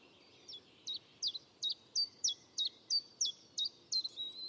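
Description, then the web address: European robin giving a steady series of short, sharp, high notes, each with the same hooked shape, repeated roughly three times per second throughout. "Deverinetal 2025"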